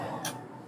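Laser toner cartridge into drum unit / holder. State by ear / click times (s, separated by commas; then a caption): seated / 0.2 s. A refilled laser toner cartridge for a Brother DCP B7640DW printer is lined up with its hole using the arrow marks, pressed in slightly and rotated downward into its drum unit holder. A short, sharp broadband click sounds at 0.3 s over a low background hum. The cartridge locks and is seated in place.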